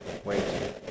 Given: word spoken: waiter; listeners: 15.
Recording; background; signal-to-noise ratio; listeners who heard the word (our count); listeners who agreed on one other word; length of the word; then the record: one English word in noise, from a listening test; noise modulated by three-talker babble; -3.7 dB; 1 of 15; 11 of 15; 0.51 s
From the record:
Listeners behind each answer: 11, 3, 1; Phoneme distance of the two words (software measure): 7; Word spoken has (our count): 2 syllables, 4 phonemes, stress on syllable 1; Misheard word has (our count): 1 syllable, 3 phonemes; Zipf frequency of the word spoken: 3.66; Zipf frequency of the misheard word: 5.37